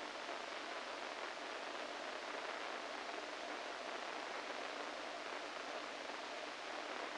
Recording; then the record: brain microelectrode recording played as sound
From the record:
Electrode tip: inside the subthalamic nucleus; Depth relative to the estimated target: -4 mm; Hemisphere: right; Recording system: NeuroSet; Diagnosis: Parkinson's disease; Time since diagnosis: 14 years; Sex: male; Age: 51 years